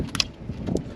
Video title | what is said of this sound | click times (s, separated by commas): 2007 - 2013 Silverado Alternator replacement - Super fast and easy | Just like that, and snaps into place right there. | 0.1 s, 0.2 s